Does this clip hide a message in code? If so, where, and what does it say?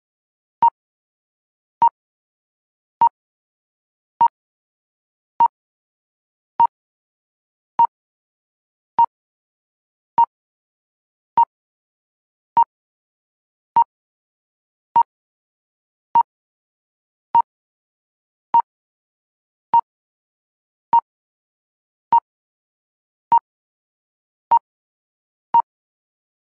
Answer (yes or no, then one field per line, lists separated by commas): no